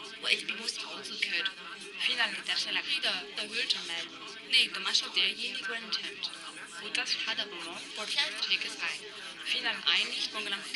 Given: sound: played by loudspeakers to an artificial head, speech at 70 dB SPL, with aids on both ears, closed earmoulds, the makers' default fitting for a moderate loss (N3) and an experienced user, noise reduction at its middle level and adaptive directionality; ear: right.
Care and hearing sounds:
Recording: speech test signal (ISTS) in cocktail-party noise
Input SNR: -3 dB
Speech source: on the right (90 degrees)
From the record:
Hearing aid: class 2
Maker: B

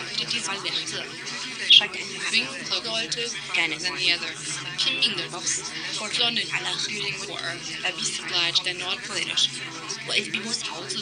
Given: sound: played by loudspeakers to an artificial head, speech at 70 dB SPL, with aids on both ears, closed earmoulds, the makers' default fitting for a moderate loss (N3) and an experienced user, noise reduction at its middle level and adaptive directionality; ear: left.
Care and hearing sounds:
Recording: speech test signal (ISTS) in cocktail-party noise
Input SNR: -6 dB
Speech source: in front (0 degrees)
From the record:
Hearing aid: class 2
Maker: A

